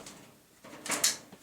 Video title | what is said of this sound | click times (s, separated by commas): A&K SVD Dragunov Airsoft Sniper Review | and when you hear that reassuring click your magazine is in | 1.0 s